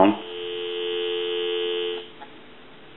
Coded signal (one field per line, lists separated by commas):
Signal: telephone call progress tone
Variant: North America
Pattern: dial tone